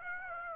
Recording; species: mosquito wingbeat signal from an infrared sensor; Aedes aegypti